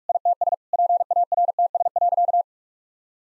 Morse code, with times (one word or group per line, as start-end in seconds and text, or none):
0.1-0.5 ITS
0.7-2.4 PARTS.